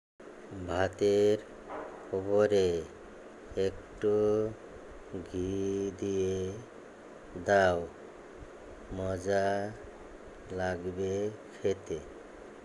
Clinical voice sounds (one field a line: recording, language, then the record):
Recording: elicited speech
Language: Bengali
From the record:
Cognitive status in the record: dementia